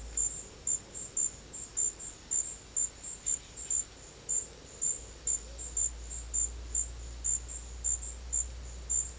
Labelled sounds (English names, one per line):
none